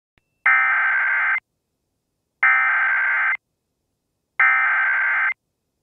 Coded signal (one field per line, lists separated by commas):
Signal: Emergency Alert System (SAME) tones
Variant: header bursts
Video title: EAS Mock: The Night Chicago Died